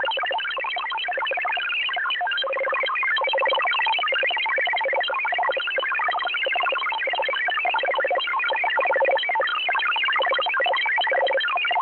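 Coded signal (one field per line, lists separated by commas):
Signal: multi-tone FSK (Olivia or MFSK type)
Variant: XPB 16-tone MFSK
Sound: rapid warbling stream of single tones jumping pitch many times a second, unbroken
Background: radio static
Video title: Russian XPB MFSK number station at 13447 kHz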